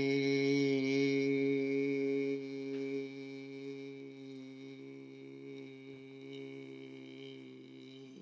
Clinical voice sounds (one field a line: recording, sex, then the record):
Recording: sustained vowel /i/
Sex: male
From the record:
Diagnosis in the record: healthy control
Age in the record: 77 years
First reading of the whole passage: 68 s, 7.6 characters per second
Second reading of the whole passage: 60 s, 8.3 characters per second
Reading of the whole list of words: 67 s, 4.2 characters per second